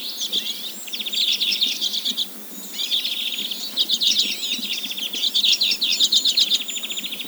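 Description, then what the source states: Arctic redpoll giving fast rattling trills and twittering notes in a nearly continuous run, over faint background noise. Greenland.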